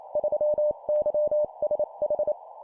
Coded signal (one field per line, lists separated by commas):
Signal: Morse code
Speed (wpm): 28 wpm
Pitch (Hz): 600 Hz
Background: none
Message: 3YSH